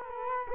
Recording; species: mosquito wingbeat signal from an infrared sensor; Culex quinquefasciatus